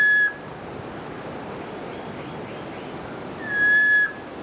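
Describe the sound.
Lesser ground cuckoo gives a pure, even whistled note near the end, with the tail of an earlier whistle at the start, against steady background hiss.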